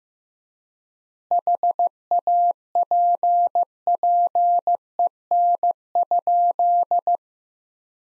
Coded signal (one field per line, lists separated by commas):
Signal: Morse code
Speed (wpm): 15 wpm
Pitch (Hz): 700 Hz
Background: none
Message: HAPPEN?